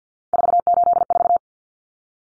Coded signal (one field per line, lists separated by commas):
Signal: Morse code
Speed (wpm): 49 wpm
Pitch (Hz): 700 Hz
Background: none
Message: 484